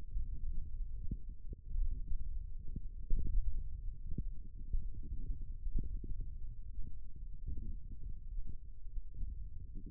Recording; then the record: forearm muscle sounds (acoustic myography)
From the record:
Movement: index flexion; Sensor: system 1, eight BSWA MPA416 microphones around the upper forearm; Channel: 3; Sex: female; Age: 21 years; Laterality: right